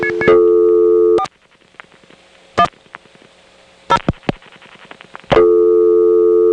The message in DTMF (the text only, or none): 4 1 0